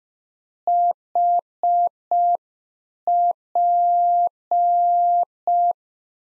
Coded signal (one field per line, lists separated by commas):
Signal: Morse code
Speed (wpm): 5 wpm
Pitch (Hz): 700 Hz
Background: none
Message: HP